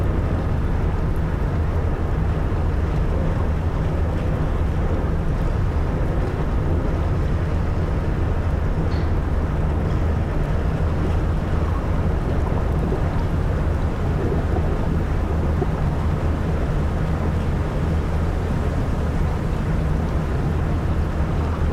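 A ship's engines hum in a steady, heavy drone, with several low tones held evenly for the whole stretch. A dense rumble and a soft hiss sit over it without letting up, and one faint brief tick sounds around nine seconds.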